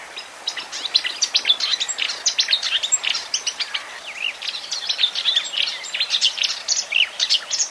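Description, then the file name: Marsh warbler song, a fast unbroken stream of varied high chirps, trills and sharp notes, many sounds a second, with no other clear sounds. "kamyshovka bolotnaja"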